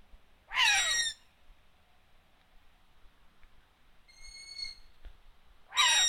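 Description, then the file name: Long-eared owl uttering two harsh, falling squeals separated by one thin, level squeak, with quiet pauses between them. Owl calls at Marbach, Riesandshöhle. "Eulenrufe Waldohreule Marbach Riesandshohle"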